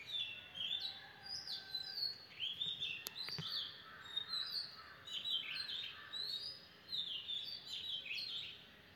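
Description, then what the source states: Birds chirping and warbling in repeated short high phrases, with two sharp clicks near the three-second mark and a steady hiss behind. Birds singing in the morning.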